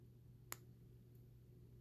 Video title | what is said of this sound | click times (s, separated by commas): Love To Shop Live 12.26.2020 Show with Host Adam Williams Featuring Kabana Jewelry | Very firm, substantial click as soon as you put that earring in, so that you know | 0.5 s